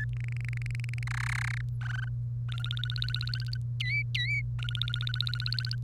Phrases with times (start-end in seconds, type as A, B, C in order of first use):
0.00-0.05 A, 0.13-1.03 B, 1.07-1.61 C, 1.81-2.08 D, 2.49-3.57 E, 3.80-4.41 F, 4.59-5.75 E